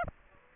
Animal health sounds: mosquito wingbeat signal from an infrared sensor; Aedes aegypti

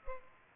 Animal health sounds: mosquito wingbeat signal from an infrared sensor; Culex pipiens

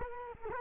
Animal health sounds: mosquito wingbeat signal from an infrared sensor; Culex quinquefasciatus

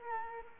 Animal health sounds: mosquito wingbeat signal from an infrared sensor; Culex quinquefasciatus

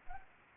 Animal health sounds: mosquito wingbeat signal from an infrared sensor; Anopheles arabiensis

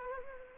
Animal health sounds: mosquito wingbeat signal from an infrared sensor; Anopheles gambiae

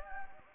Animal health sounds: mosquito wingbeat signal from an infrared sensor; Anopheles gambiae

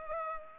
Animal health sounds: mosquito wingbeat signal from an infrared sensor; Culex pipiens

